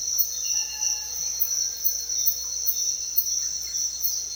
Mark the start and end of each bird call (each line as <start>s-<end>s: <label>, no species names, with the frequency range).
0.37s-1.48s: bird call (0.5-2.2 kHz)